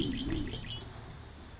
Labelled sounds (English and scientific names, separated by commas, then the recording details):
Red-winged Blackbird (Agelaius phoeniceus)
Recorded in Sonoma County, California